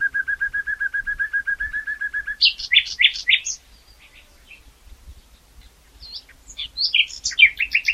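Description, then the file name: Common nightingale song opening with a long, steady series of quick repeated notes, followed by loud, varied, rich chirps and trills in scattered bursts. "Luscinia megarhynchos"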